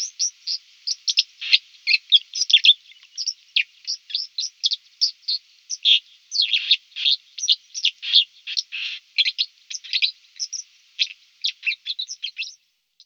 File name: Merlo acquaiolo